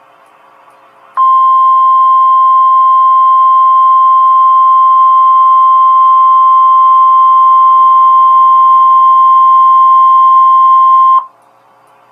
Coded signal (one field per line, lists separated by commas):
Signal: Emergency Alert System (SAME) tones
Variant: 1050 Hz attention tone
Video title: REAL EAS 1165-Severe thunderstorm watch